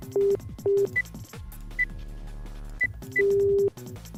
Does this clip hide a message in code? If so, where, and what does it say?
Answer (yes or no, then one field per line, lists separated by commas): no